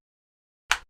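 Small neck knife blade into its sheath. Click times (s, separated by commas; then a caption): 0.7 s. A small fixed-blade neck knife is pushed into its friction-retention sheath. After near silence, a single sharp, bright click at 0.7 s rings briefly and fades within about 0.15 s. The blade snaps into place with good retention.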